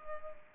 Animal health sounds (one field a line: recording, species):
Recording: mosquito wingbeat signal from an infrared sensor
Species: Culex pipiens